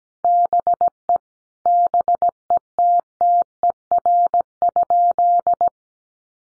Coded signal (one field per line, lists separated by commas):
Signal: Morse code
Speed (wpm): 17 wpm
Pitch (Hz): 700 Hz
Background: none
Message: BE BETTER?